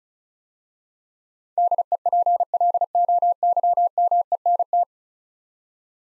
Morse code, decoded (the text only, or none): DEPLOYMENT